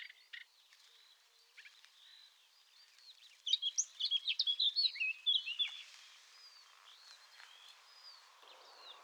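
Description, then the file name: Eurasian blackcap warbling song, a rapid burst of varied high twittering notes lasting about two seconds, against a faint steady background hiss. "Sylvia atricapilla"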